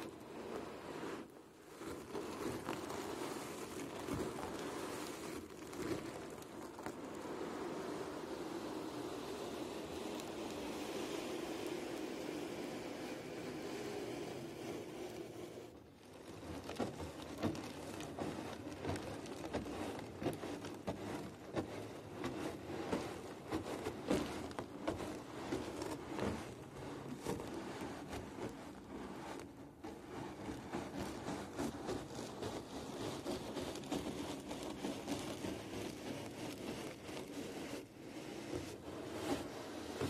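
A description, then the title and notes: Scratching, rubbing and brushing on a drum, a dense, continuous rasp with a hollow low-middle body. The first fifteen seconds are smoother sweeps, then after a brief dip near 16 seconds the strokes turn grittier, choppier and more agitated. TimASMR-Scratching, Rubbing, and Brushing on a Drum (NO TALKING).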